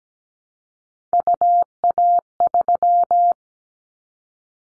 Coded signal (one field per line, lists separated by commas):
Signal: Morse code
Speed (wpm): 17 wpm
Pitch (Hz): 700 Hz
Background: none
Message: UA3